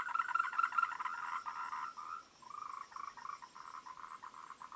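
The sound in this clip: Frogs calling in a dense chorus of rapid pulsed croaks, overlapping, with a faint high steady hiss behind.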